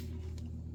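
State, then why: Not seated. A bulb holder is handled at the headlight housing of a Ford Focus, with a steady low rumble throughout and a brief faint tick near 0.4 s. Nothing has seated or clicked yet; the holder is not yet locked home.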